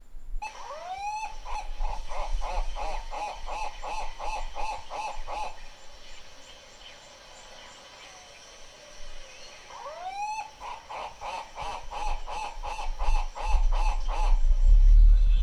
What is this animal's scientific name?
Tauraco leucolophus